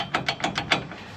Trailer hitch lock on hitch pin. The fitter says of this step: slide it on till it clicks.